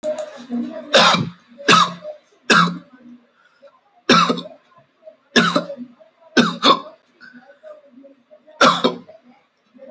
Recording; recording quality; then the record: heavy voluntary cough; excellent, no background noise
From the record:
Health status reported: healthy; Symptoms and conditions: none ticked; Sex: male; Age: 21 years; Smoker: not ticked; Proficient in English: yes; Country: India